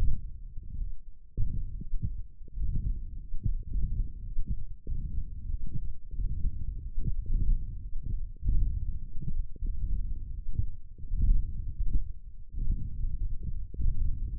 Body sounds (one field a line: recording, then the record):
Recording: forearm muscle sounds (acoustic myography)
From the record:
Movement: hand closing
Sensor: system 1, eight BSWA MPA416 microphones around the upper forearm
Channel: 2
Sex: male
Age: 21 years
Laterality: right